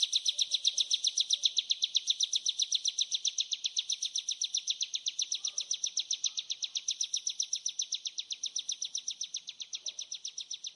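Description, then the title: Hill Prinia song of quick, evenly spaced high chirps, fading slightly toward the end, with faint scattered bird notes beneath. "Suara ciblek gunung"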